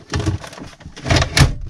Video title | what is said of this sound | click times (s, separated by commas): THE CRAZINESS OF THE DAY BEFORE YOU LEAVE FOR 3 MONTHS | then just snaps into place like that | 1.1 s, 1.4 s